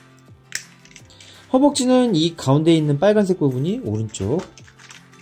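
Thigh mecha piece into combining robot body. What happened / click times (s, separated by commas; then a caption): The toy part is being handled and has not yet seated / none. Someone handles the red center piece, the right thigh of a vintage Dairugger XV combining robot toy, fitting it toward the robot body. There is a sharp tap at 0.6 s and a few small plastic ticks around 0.9–1.2 s, someone talks from about 1.5 to 4.6 s, and faint ticks follow near 4.9 and 5.1 s. The part has not seated or clicked into place yet.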